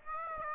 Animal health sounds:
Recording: mosquito wingbeat signal from an infrared sensor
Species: Aedes aegypti

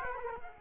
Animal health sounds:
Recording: mosquito wingbeat signal from an infrared sensor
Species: Culex quinquefasciatus

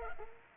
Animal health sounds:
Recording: mosquito wingbeat signal from an infrared sensor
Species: Culex pipiens

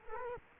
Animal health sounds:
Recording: mosquito wingbeat signal from an infrared sensor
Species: Culex quinquefasciatus

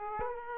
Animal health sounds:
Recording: mosquito wingbeat signal from an infrared sensor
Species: Aedes aegypti

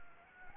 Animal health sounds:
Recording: mosquito wingbeat signal from an infrared sensor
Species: Anopheles gambiae

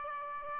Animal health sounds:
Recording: mosquito wingbeat signal from an infrared sensor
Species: Aedes aegypti

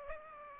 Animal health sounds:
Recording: mosquito wingbeat signal from an infrared sensor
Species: Aedes aegypti

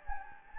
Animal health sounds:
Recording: mosquito wingbeat signal from an infrared sensor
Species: Anopheles gambiae

